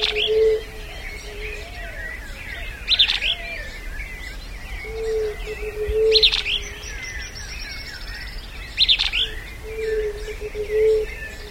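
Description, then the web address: Large elaenia giving scratchy, burry high phrases roughly every three seconds, with low tonal hoots in the gaps and a faint background hiss. "cantos fiofiogran"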